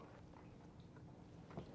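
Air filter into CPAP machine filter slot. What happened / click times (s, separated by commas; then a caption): The filter is being lined up; no seating click yet / none. An air filter and the spring-loaded filter door assembly of a Philips DreamStation CPAP machine are handled and lined up at the filter slot before the door is pushed down to snap shut. Only faint, low-level handling noises are heard, with soft taps around 0.4 s, 1.0 s and 1.5–1.6 s. Nothing has seated or clicked yet.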